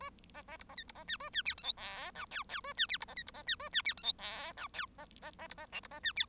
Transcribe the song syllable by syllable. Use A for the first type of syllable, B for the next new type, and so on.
A B B C B D C B E A E F G H I J K K A E F C B D C B E A E F G H I J K B B B C B L C B E F